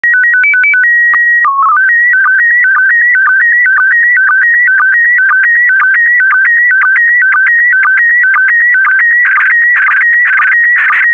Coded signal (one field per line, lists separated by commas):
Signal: SSTV (slow-scan television)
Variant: PD 120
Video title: (11 of 12) ARISS 20 Years - Series 7 July 2017 - Retransmission SSTV PD120